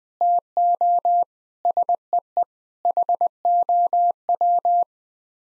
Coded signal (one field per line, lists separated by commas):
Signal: Morse code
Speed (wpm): 20 wpm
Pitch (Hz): 700 Hz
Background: none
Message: TO SEE HOW